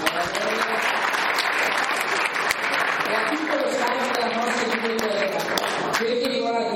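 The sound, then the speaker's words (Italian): An audience applauds steadily for about seven seconds in thanks to the Claudio Augusta provincial library, a dense, even wash of clapping with faint voices murmuring underneath. “Chiederei di fare un applauso.”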